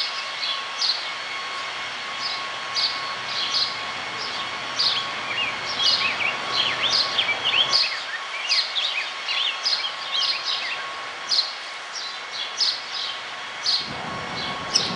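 Rose-breasted grosbeak warbling song, a burst of rich slurred notes in the middle, set against a constant hiss and frequent high, sharp chips.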